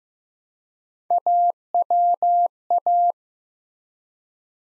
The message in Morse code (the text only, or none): AWA